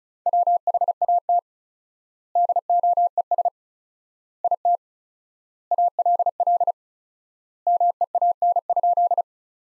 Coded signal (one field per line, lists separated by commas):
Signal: Morse code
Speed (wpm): 34 wpm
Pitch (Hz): 700 Hz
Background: none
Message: WHAT DOES IT ALL MEAN?